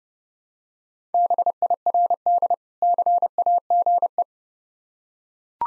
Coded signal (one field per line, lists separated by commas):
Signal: Morse code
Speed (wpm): 30 wpm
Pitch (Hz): 700 Hz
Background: none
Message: BIRD CAGE